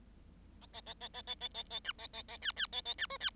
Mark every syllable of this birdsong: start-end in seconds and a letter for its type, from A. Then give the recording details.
0.61-0.67 A, 0.73-0.81 A, 0.86-0.94 A, 1.00-1.08 A, 1.13-1.22 A, 1.27-1.35 A, 1.40-1.48 A, 1.54-1.63 A, 1.70-1.80 A, 1.84-1.93 B, 1.98-2.07 A, 2.13-2.23 A, 2.28-2.37 A, 2.42-2.52 C, 2.56-2.66 C, 2.72-2.81 A, 2.85-2.94 A, 2.98-3.06 B, 3.10-3.18 D, 3.20-3.30 C. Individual Bird7